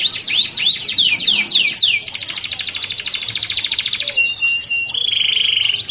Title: Canto Para Esquentar Canário Belga. Pancingan kenari kawin